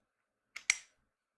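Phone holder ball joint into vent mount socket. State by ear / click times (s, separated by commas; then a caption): seated / 0.7 s. The ball of a car phone holder is pushed into the socket on the vent mount piece. A faint tick at 0.6 s is followed by a sharper, louder click at 0.7 s as the ball joint snaps and seats into place.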